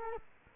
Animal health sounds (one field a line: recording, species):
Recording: mosquito wingbeat signal from an infrared sensor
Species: Culex quinquefasciatus